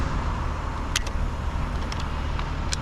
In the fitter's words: boom right there releases it boom